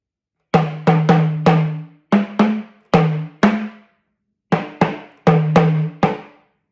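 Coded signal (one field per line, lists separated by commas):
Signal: talking drum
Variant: Yoruba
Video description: Playing "Dede igi ni nso owo ọtọ ni t'obi ọtọ ni tirẹ" with the Yoruba Orunsha Sakara talking drum by Jammal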